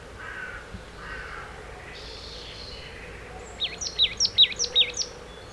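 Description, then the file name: Marsh tit call: after quiet background at first, a fast run of about six high, hooked, down-slurred notes near the end. "Poecile palustris"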